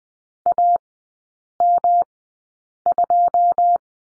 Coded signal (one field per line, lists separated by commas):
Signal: Morse code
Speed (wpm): 20 wpm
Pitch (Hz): 700 Hz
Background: none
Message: AM2